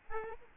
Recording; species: mosquito wingbeat signal from an infrared sensor; Aedes albopictus